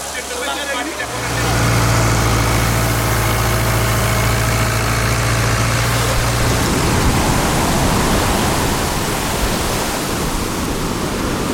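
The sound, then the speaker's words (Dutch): Heavy construction machinery at building sites in Dakar, Senegal, where building goes on at a furious pace, roars loudly and steadily, with a deep engine drone that starts after a second and later gives way to harsh, noisy rumbling. “Sinds de afgelopen 4 jaar is dit een van de kenmerkende geluiden van Dakar. Er wordt in razend tempo gebouwd.”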